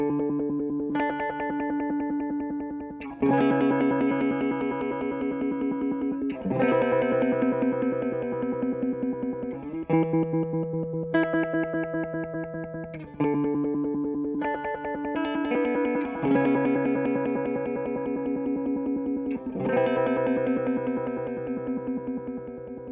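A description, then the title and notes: A square wave synth with chorus plays sustained tones that change every three seconds or so, each new note or chord striking sharply and then slowly fading. The sound is buzzy and bright, with a steady low drone underneath and a slight wavering shimmer. Square wave Chorus. These sounds were recorded from a prototype model.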